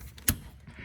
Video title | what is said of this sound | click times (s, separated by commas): 2002 Ford Windstar Waterpump installation | You hear it click in. | 0.3 s